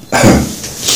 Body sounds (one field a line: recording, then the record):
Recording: coughing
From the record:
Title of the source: Spring Cold Coughing 3